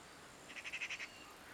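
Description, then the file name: Eurasian magpie giving a short rattling chatter of several harsh notes in quick succession, over quiet background hiss. "Pica pica"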